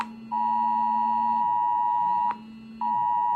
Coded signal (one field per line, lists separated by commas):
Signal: Emergency Alert System (SAME) tones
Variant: 853 and 960 Hz attention tone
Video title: sudden gaa naa phone lo beep sound chuste alert message #trending #nature #cyclone #tunder